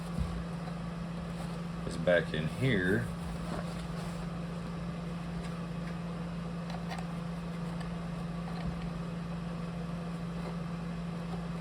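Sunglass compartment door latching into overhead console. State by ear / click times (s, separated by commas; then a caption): not seated / none. Someone talks briefly while handling the repaired sunglass holder compartment door in a Murcielago overhead console, with the repaired clip in place, over a steady low hum and a few faint taps. Nothing has seated or clicked yet; the door is about to be pushed up and latched closed.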